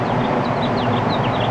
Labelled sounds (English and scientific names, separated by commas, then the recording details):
House Finch (Haemorhous mexicanus) song
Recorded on Long Island, New York, on 13 June 2011
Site MH
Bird B